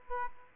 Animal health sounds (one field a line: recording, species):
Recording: mosquito wingbeat signal from an infrared sensor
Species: Aedes aegypti